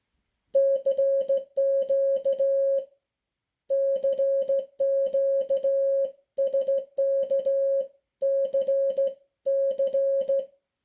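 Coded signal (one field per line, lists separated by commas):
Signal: Morse code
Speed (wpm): 15 wpm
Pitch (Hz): 550 Hz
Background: music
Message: CQ CQ SKCC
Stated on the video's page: Sent on a NATO Morse key.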